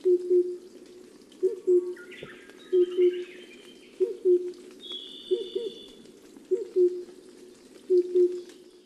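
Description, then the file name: Oriental cuckoo giving low, hollow paired hoots, repeated roughly every 1.3 seconds, with brief higher chirps from other birds and a faint hiss behind. In Hokkaido, Japan, on 23 June 2006. "tsutsudori 060623 hokkaidou kaji"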